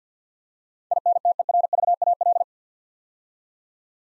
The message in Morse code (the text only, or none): INTERVAL